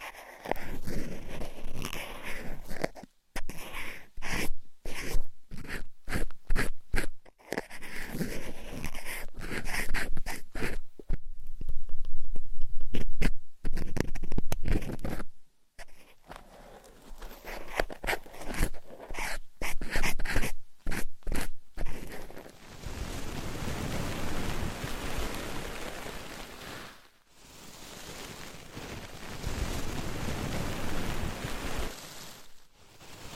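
Scratching and tapping with nails and various items, in dense bursts broken by short silences during the first twenty seconds. Around twenty-two seconds it turns into a steadier, rougher rubbing texture with a deep low rumble, pausing briefly near twenty-seven seconds.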